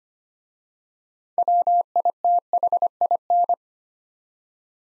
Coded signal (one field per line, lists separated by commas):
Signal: Morse code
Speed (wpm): 25 wpm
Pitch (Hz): 700 Hz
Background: none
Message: WITHIN